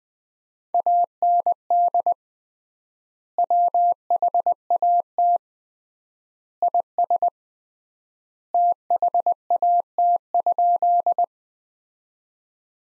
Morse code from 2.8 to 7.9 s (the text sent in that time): WHAT IS